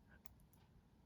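A small safety latch on the side of a metal jewelry box clasp is pushed closed, giving a single light click at 0.3 s over a faint background hiss. The latch seats securely.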